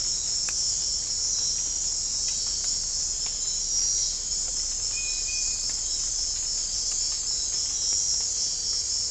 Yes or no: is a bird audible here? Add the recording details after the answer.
no. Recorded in dense forest near Puerto Asís, Putumayo, Colombia, on 20 December 2024 at 01:30. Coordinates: 0.499, -76.324. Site G045